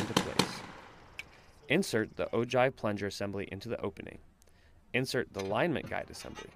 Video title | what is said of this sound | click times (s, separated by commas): Know Your Tasks: MK19 Grenade Launcher | push against the block and slide it toward the rear until the block locks into place | 0.2 s, 0.4 s